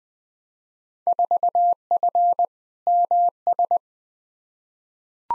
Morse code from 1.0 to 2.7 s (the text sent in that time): 4F